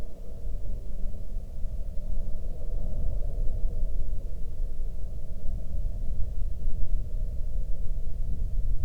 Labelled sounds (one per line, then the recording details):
aircraft
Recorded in the Prudhoe Bay oil fields, Alaska, on 9 July 2019 at 05:20
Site 13